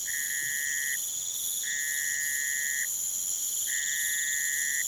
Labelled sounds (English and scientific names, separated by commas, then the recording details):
none
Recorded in pastures near Puerto Asís, Putumayo, Colombia, on 27 June 2025 at 03:30
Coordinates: 0.486, -76.323
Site H29